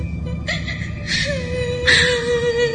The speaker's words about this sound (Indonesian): Dia pun berdiri di satu lorong di minimarket ini. Dan kali ini terdengar suara tangisan perempuan itu yang menggema di ruangan minimarket ini.